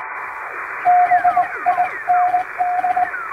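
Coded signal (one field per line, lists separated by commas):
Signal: Morse code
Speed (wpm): 21 wpm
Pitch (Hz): 720 Hz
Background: radio noise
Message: BIND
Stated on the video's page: Recreation of shortwave Morse like coast station traffic, with added noise and fading, for receiving practice.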